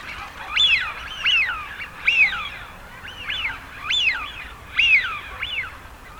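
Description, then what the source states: Eurasian wigeon whistles, loud rising-then-falling notes repeated several times over a faint background hiss. Male bird.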